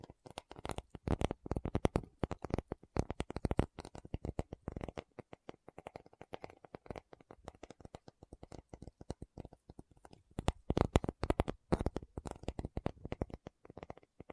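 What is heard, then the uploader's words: Quick tapping runs through the whole recording as dense, irregular clusters of sharp clicks, loudest and busiest in the first five seconds and again from about ten to twelve seconds. In between the taps thin out and soften, with brief pauses. No voices are heard. Tapping Session (No Talking).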